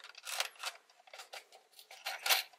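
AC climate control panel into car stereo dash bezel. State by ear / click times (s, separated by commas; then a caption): not seated / none. An AC climate control panel is handled and pressed onto the plastic dash bezel of a new Roadanvi 10.2" HD Android car stereo for a 2012 to 2014 Toyota Camry, using clips moved over from the old unit. Bursts of scraping, rattling plastic handling noise are heard, with a sharp peak at 0.4 s and another loud stretch around 2.3 s. The clip ends before the panel goes home, so nothing has seated or clicked yet.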